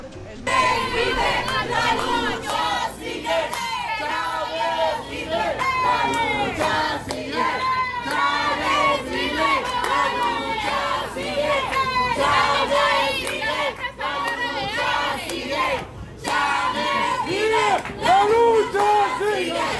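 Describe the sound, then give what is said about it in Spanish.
A large crowd at a protest outside the Venezuelan consulate in the United States chants slogans in unison, 'Chávez vive, la lucha sigue', many voices shouting in a steady, repeating rhythm with loud, sustained energy throughout. “Mirábamos personas gritando, Chávez vive, la lucha sigue, por ahí tenemos parte del video.”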